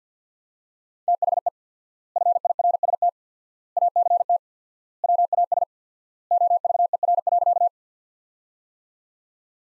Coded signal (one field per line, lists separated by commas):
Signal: Morse code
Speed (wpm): 50 wpm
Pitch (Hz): 700 Hz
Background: none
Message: THE FIRST ACT WAS OVER.